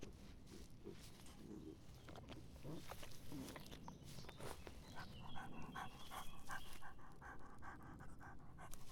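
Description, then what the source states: Dog lapping water, faint at first, then a run of quick wet laps in the second half. A dog drinking.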